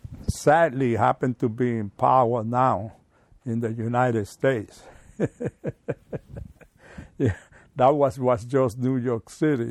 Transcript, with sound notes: Sadly, they happen to be in power now in the United States. [laughs] Then that was just New York City.